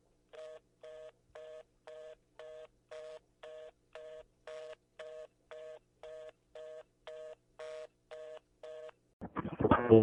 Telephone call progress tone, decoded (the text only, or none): reorder tone